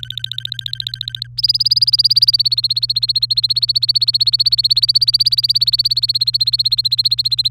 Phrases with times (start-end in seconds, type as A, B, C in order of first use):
0.00-1.27 A, 1.38-7.48 B